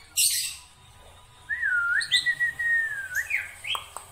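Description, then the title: Black-winged myna whistle: a harsh burst, then one long, wavering whistled note followed by short rising chirps and clicks. Dense, highly varied song of an actively singing bird, used as a master recording for training songbirds. "Kicauan Rapat Jalak Putih Gacor Banyak Variasi Untuk Masteran"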